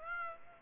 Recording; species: mosquito wingbeat signal from an infrared sensor; Aedes aegypti